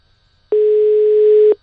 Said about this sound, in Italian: Secondo squillo, terzo squillo, quarto butta male, squillo, butta molto male.